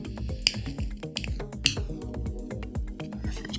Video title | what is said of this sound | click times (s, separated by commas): LEGO 76139 1989 BATMOBILE - THE JOY of BRICKING with BRICK ROSS | that that's such a cool feeling when that clicks into place it's | 0.5 s, 1.7 s